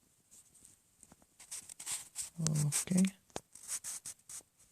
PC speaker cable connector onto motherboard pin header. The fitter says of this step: a little click. Okay, a little click, so it's all the way in.